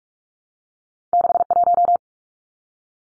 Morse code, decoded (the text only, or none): 61